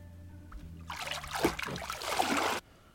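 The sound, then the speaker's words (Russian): Water splashes and streams off in a steady, fairly loud wash for under two seconds as a woman climbs out of a bath, over a faint low hum, then stops abruptly. “Дороти вылезает из ванны.”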